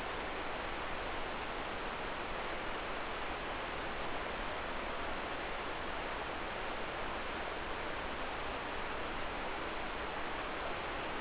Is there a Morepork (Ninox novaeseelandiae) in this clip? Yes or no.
no